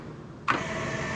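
On a 2021 Sirena Yachts 58 Flybridge, the locking pin on a cabin door is pulled and the door is swung closed into its frame. The latch catches with a single sharp hit at 0.5 s, followed by steady broadband noise. The door locks in tight so water from waves crashing aboard under way can't come in.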